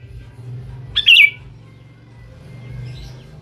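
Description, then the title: Sooty-headed bulbul song: a single brief, bright, tumbling phrase sliding downward, set against a steady low hum and muffled background noise. "Kutilang"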